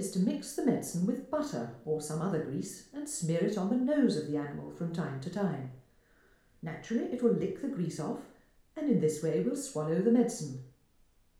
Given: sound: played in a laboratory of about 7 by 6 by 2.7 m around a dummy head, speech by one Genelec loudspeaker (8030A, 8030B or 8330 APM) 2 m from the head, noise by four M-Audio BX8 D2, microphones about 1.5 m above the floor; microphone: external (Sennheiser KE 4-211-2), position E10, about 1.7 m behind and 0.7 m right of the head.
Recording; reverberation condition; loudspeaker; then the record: female speech in English; medium; 120 degrees to the right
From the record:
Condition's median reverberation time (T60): about 510 ms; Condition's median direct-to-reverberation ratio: about -0.5 dB